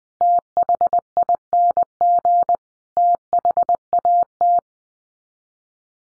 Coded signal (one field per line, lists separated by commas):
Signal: Morse code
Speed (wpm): 20 wpm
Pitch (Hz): 700 Hz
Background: none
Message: THING THAT